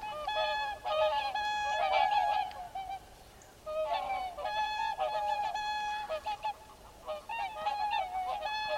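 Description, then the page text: Mute swan honking calls, several clear nasal honks in quick uneven bursts, often overlapping, with short pauses between groups. "Ciripituri în naturăLebăda mută sau Lebăda de vară – Cygnus olor"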